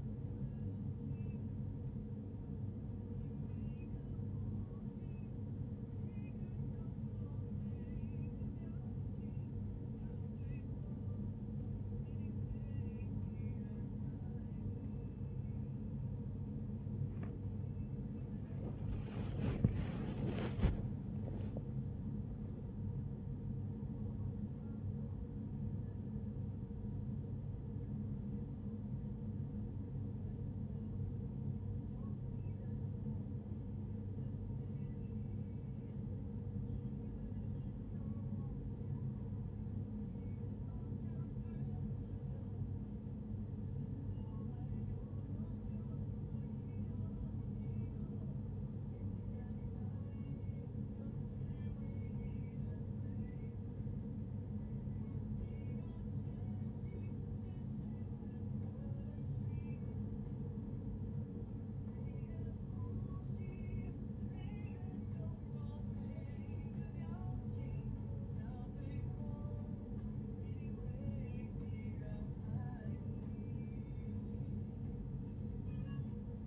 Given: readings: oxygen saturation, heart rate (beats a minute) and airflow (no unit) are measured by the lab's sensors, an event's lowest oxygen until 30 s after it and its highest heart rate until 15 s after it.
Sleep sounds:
a person awake in a sleep study, by a smartphone at the bedside; none
0.00-76.47 s: awake
From the record:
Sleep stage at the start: awake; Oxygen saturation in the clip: 94 to 95%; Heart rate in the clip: 63 to 85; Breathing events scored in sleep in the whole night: 35 in 6.9 hours asleep

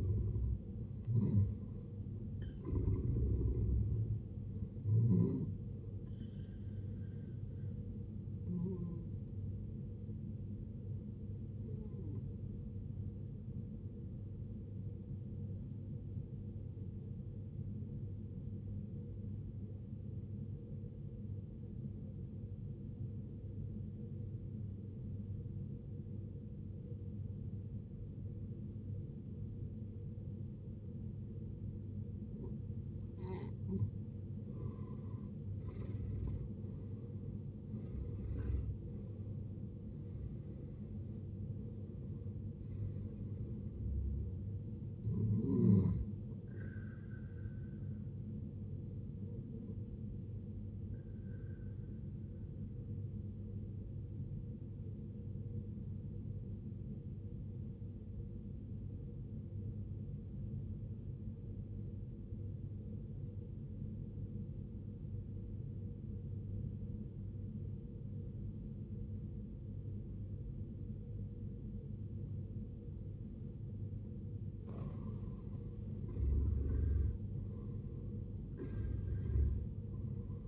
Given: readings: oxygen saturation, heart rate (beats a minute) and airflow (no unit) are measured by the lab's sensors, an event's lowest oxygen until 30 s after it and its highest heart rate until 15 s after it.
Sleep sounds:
breathing in sleep by a smartphone at the bedside; 2
16.00-33.00 s: obstructive apnea (N1, oxygen 94% highest, then 74% lowest, heart rate 69 at the start, 82 highest)
20.00-80.48 s: new sleep stage, N2 (light sleep)
55.00-75.10 s: obstructive apnea (N2, oxygen 93% highest, then 77% lowest, heart rate 61 at the start, 76 highest)
From the record:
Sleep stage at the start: N1 (lightest sleep); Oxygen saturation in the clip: 74 to 94%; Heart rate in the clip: 57 to 85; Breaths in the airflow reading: 8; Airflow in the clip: -13.6 to 16.4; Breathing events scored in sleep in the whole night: 389 in 6.3 hours asleep

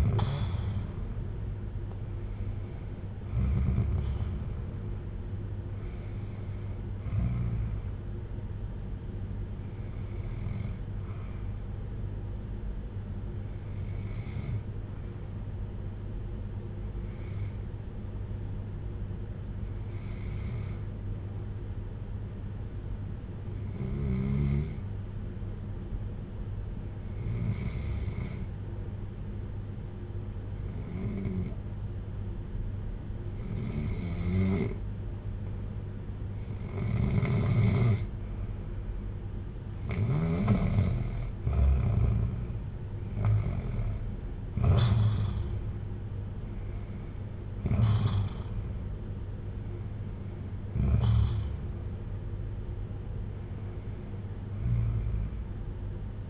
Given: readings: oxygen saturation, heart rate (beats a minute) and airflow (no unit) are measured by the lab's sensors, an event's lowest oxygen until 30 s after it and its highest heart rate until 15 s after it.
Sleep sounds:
breathing in sleep by a smartphone at the bedside; 1
15.00-42.10 s: hypopnea (N1, oxygen 96% highest, then 89% lowest, heart rate 57 at the start, 63 highest)
24.00-56.30 s: new sleep stage, N2 (light sleep)
From the record:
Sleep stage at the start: N1 (lightest sleep); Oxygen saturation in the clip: 89 to 96%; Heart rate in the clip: 54 to 63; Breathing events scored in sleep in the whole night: 310 in 8.1 hours asleep

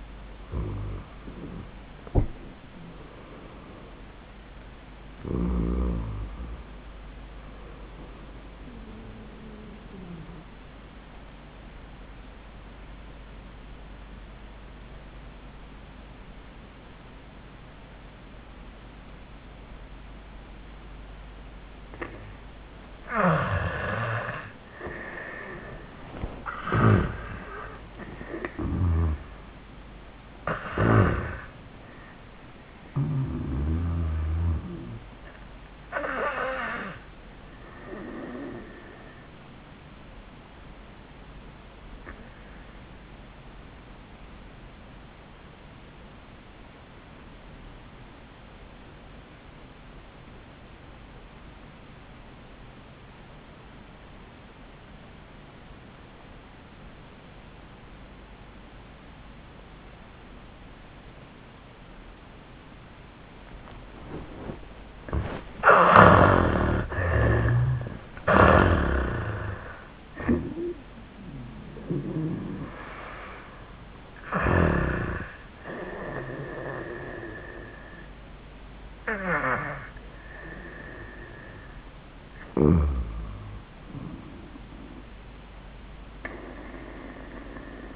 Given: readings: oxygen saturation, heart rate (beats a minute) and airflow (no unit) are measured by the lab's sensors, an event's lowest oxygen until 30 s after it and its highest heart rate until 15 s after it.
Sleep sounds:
breathing in sleep by a voice recorder at the bedside; 2
15.00-27.70 s: obstructive apnea (N1, oxygen 98% highest, then 83% lowest, heart rate 96 at the start, 96 highest)
41.00-66.00 s: obstructive apnea (N1, oxygen 97% highest, then 73% lowest, heart rate 91 at the start, 95 highest)
85.00-87.96 s: new sleep stage, REM sleep
From the record:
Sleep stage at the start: N1 (lightest sleep); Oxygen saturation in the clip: 65 to 98%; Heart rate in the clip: 72 to 105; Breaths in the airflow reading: 9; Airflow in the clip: -27.3 to 20.1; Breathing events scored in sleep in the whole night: 400 in 8.7 hours asleep

